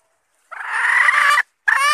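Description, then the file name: Red junglefowl hen call: two loud, harsh, harmonic squawking notes, the first long and steady, the second shorter after a brief pause. Red junglefowl hen, calling to find a mate. "tieng ga rung mai keu tim kiem ban tinh"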